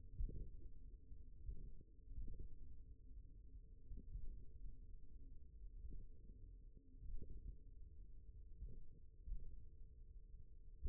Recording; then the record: forearm muscle sounds (acoustic myography)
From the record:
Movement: finger pinch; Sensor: system 1, eight BSWA MPA416 microphones around the upper forearm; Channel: 2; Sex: male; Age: 41 years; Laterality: right